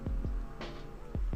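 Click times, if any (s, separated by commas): none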